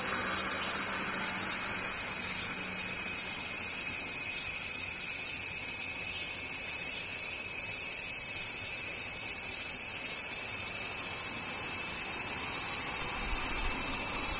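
Cicadas keep up a steady, unbroken drone across the whole clip, a dense high-pitched buzz with sharp hissing layers at the top that never pauses or swells. Underneath, only a faint low rumble sits in the background.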